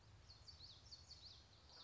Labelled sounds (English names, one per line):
Common Yellowthroat